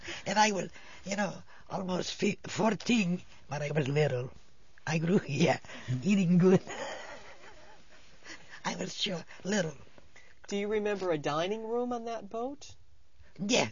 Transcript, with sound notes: And I would, you know, almost fourteen, but I was little. I grew here eating good. ( she laughs ) I was short, little.
Do you remember a dining room on that boat?
Yeah.